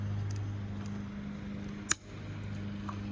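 While a Dyson DC65 upright vacuum is being reassembled, the plastic clip on the internal hose, set just above its mount and rotated a little, snaps into the vacuum body with a sharp, loud click at 1.9 s. Faint ticks are heard around it over a steady low hum. The clip is seated in place.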